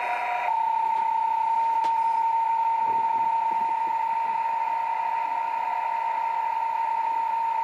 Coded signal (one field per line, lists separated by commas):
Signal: PSK31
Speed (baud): 31.25 baud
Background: radio noise